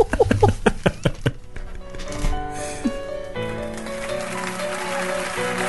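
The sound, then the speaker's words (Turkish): A short burst of clapping, about a dozen quick, loud claps in the first second and a half, applauding the last joke on a radio show, gives way to steady sustained musical tones that carry on to the end. “Alkışlar son espriye sevgili dinleyiciler.”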